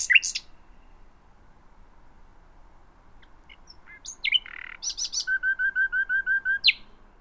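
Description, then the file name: Common nightingale song with sharp notes, a pause, then a buzzy note and a run of evenly repeated whistled notes over faint background hiss. "Luscinia megarhynchos"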